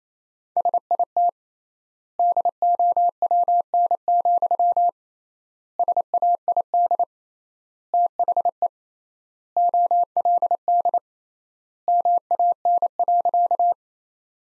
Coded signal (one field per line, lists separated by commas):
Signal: Morse code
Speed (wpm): 27 wpm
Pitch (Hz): 700 Hz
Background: none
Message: SIT DOWN, SAID THE OLD MAN.